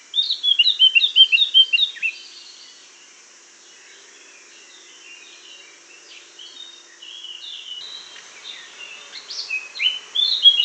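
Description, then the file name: Eurasian blackcap song, a quick run of sharp twittering notes for two seconds, then soft warbling that builds again into louder slurred phrases near the end. "Sylvia atricapilla"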